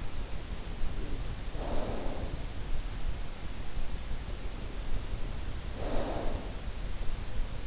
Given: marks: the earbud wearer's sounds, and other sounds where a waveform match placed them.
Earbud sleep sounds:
sounds in sleep by an in-ear microphone; snoring breath
1.38-2.55 s: snoring breath
5.55-6.52 s: snoring breath

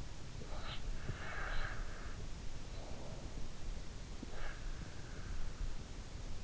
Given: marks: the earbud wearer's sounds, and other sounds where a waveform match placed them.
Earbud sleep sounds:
sounds in sleep by an in-ear microphone; snoring breath
0.45-1.85 s: snoring breath
4.23-4.96 s: snoring breath

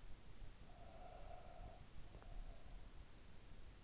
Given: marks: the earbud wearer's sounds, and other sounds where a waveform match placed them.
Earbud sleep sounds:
sounds in sleep by an in-ear microphone; breath
0.37-3.22 s: breath

